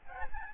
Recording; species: mosquito wingbeat signal from an infrared sensor; Aedes albopictus